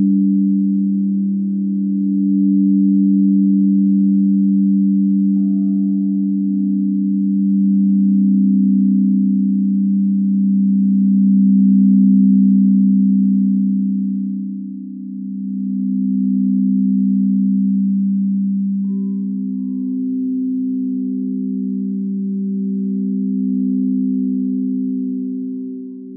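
A singing bowl hums continuously, its low, steady drone holding for the full 26 seconds with a slow, gentle swell and fade in volume. Faint higher overtones enter around five seconds and again near nineteen, when the tone shifts slightly brighter.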